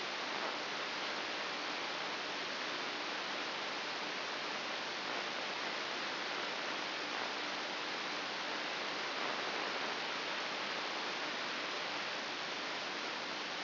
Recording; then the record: brain microelectrode recording played as sound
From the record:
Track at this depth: inside the subthalamic nucleus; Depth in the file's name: 6.001 mm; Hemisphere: right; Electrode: 2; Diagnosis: Parkinson's disease